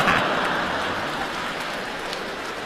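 Steady, dense applause from a crosstalk (xiangsheng) comedy audience encouraging the performers, a continuous crackling wash of many hands clapping at an even loudness throughout, with no voices over it.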